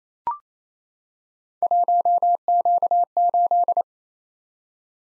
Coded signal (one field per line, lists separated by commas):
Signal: Morse code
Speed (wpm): 29 wpm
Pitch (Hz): 700 Hz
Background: none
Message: 1Q8